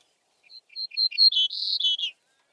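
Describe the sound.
Bird call, a quick series of high chirps and short notes running together into a louder, buzzier phrase lasting about two seconds, with no other sounds.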